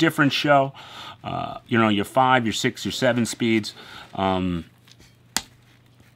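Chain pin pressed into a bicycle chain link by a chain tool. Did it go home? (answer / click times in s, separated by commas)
yes / 5.4 s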